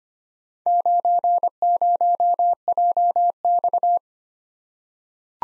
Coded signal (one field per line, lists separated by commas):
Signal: Morse code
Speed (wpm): 25 wpm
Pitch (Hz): 700 Hz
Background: none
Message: 90JX